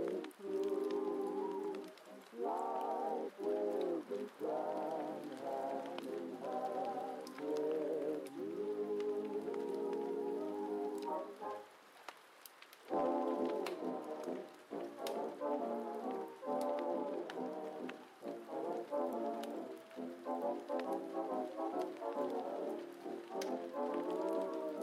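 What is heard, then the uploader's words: Oldies play muffled from another room, a warm, low-pitched melody with no crisp top, pausing briefly around the twelve-second mark before a new passage starts. A steady hiss of heavy rain runs underneath throughout, with scattered sharp crackles from a fire. Heavy Rain & Fire Crackling Sounds While Oldies Playing From Another Room.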